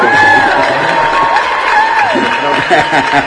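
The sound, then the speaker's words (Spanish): A loud crowd cheers and applauds continuously, with whoops and high shouts rising over a dense wash of clapping and voices for the whole stretch. “Yo digo que se merecen las fanfarrias. Un aplauso, por lo menos.”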